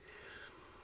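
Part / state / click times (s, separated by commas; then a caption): plastic panel going into the body of a transforming figure / not seated / none. A plastic panel on a transforming figure, the KM-05 Knight Morpher Airborne Squad Screecher, is raised slightly and handled as it is worked toward the slot in the figure's body. A steady soft rubbing and breathy noise is heard, ending in a brief sharp tick at 0.9 seconds. Nothing has seated or clicked into place yet.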